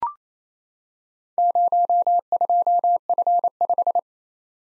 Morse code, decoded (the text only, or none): 02F5